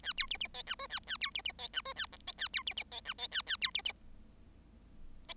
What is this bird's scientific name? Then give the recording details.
Lonchura striata domestica. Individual Bird7